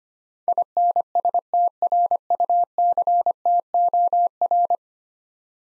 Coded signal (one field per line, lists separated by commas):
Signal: Morse code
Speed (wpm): 25 wpm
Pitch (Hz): 700 Hz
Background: none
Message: INSTRUCTOR